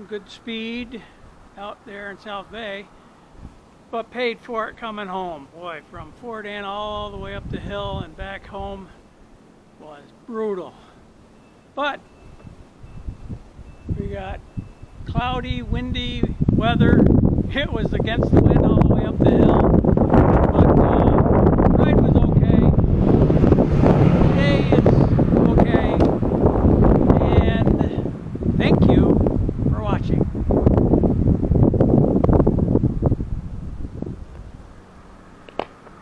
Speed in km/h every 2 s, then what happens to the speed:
0, 0, 0, 0, 0, 0, 0, 0, 0, 0, 0, 0, 0, 0, 0, 0, 0, 0.
0-36 standing.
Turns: none.